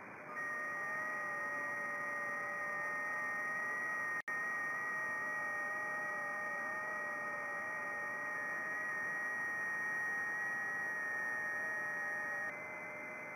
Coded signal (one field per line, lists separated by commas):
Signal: FT8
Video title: 54 DXCC Countries on 10m FT8 29th Oct 2020